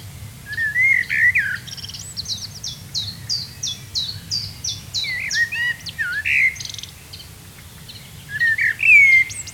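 Common blackbird with mellow whistled phrases, some with rising flourishes, and a quick series of high, thin repeated notes through the middle.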